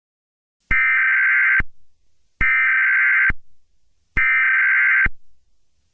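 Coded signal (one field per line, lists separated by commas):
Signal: Emergency Alert System (SAME) tones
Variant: header bursts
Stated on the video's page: Fictional zombie apocalypse alert scenario, not a real alert.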